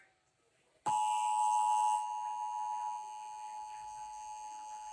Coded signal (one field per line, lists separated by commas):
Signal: Emergency Alert System (SAME) tones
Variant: 853 and 960 Hz attention tone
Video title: NEW TV SETUP/CA TSUNAMI DRILL 2023! EAS Tests from March 2023